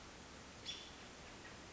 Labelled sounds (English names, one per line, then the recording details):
American Robin
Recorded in Sonoma County, California